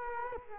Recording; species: mosquito wingbeat signal from an infrared sensor; Culex quinquefasciatus